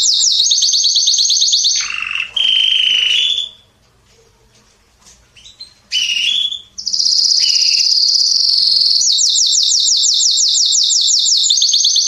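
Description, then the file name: Canary singing rapid high rolling trills, a lower phrase, a short pause of near silence, then more pulsed trills running to the end. "Canary Voice"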